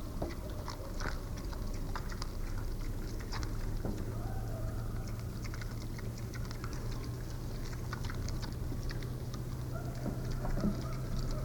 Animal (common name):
Wild Boar